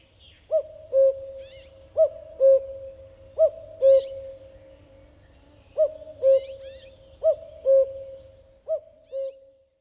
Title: Viikon luontoääni: Käki